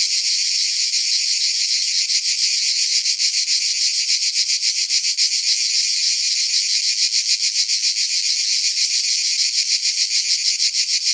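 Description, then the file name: Cicadas in chorus, a dense continuous high-pitched buzzing with a fast pulsing throb, steady throughout with no other sounds. Several cicadas together. "animals insects cicadas several"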